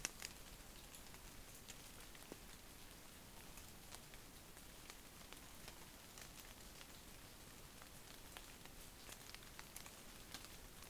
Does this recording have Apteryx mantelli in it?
no